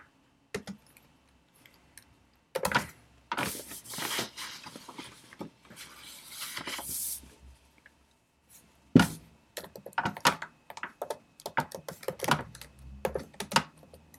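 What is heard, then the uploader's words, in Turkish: Studying at a desk with a pencil and computer: bursts of keyboard clicks and sharp mouse taps come and go, with scratchy pencil strokes around three to seven seconds. Loud clusters of clicks return near nine and twelve seconds in a quiet room. Sessiz odada 30 dakika boyunca kurşun kalem ve bilgisayar ile ders çalışma; ortam sesleri, beyaz gürültü alt yapısı, kurşun kalem, klavye, mouse sesleri...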